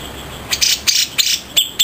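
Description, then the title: Grey-cheeked Bulbul song: five short bright chirpy bursts spaced about a third of a second apart, with a thin steady high hiss behind. "Cucak Jenggot -RESING"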